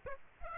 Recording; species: mosquito wingbeat signal from an infrared sensor; Aedes aegypti